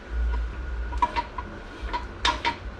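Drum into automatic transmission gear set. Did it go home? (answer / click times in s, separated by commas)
no / none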